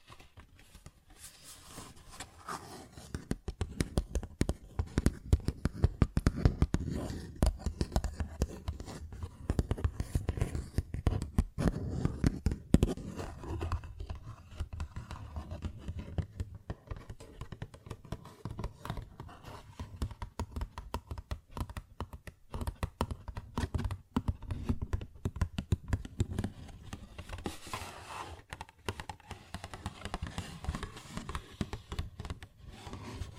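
A paper bag is tapped and scratched in a dense, busy stream of small taps and rustles that runs almost without pause for the whole half minute. The sounds are mostly low and soft, with brighter crackly scratches and sharper taps scattered throughout.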